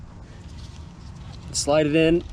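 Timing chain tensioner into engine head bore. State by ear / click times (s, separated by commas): not seated / none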